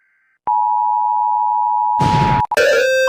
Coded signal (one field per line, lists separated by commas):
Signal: Emergency Alert System (SAME) tones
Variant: 853 and 960 Hz attention tone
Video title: |•EAS alarms of some countries•| #EAS #Countryballs #Funny? #Edit